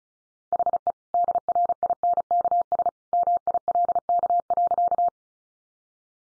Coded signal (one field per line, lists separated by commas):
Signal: Morse code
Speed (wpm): 34 wpm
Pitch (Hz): 700 Hz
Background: none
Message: HE DRINKS MILK.